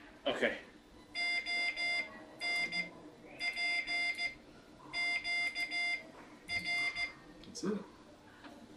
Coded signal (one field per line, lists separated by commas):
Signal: Morse code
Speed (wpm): 15 wpm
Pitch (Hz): 2100 Hz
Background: speech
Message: O N P Q R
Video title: Morse Code Intermediate Class 7